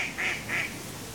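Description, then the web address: Duck giving a few short, harsh quacks in quick succession over a soft background hiss. Ducks at a pond in a city park. "BBC Sound Effects Library BBC 02-Exterior Atmosphere 04 City Park, Near A Pond With Ducks"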